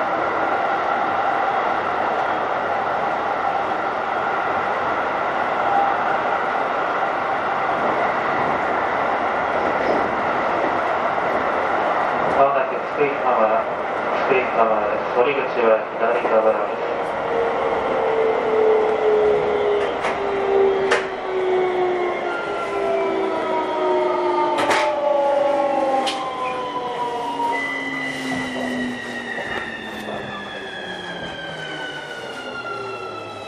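A Keikyu New 1000 series aluminum train rolls along with a steady, dense rumble and humming tones. After about twelve seconds the motor whine rises in pitch and then gradually glides downward as the train slows, with sharp clicks and rattles around 21 and 25 seconds.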